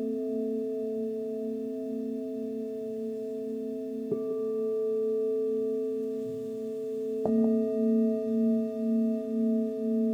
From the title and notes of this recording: The journey is a soundscape of crystal & tibetan bowls.